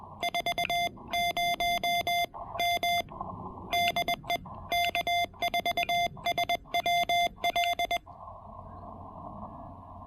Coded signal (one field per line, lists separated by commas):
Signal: Morse code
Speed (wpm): 21 wpm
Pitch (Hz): 700 Hz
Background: none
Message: 40 M DE K4SWL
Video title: QRP POTA: Pairing the TEC-TEC R4020 with my cannibalized 40M EFHW at Lake Norman SP!